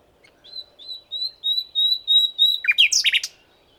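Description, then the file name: Common nightingale song phrase: a run of several clear, even whistled notes building in volume, ending in a loud burst of rapid harsh, rattling notes. "Luscinia megarhynchos"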